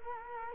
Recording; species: mosquito wingbeat signal from an infrared sensor; Culex quinquefasciatus